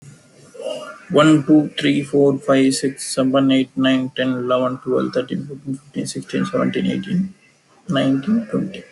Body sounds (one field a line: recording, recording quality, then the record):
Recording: counting at a fast pace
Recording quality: excellent, no background noise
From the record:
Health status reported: healthy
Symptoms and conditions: none ticked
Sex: male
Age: 31 years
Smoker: not ticked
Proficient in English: yes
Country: India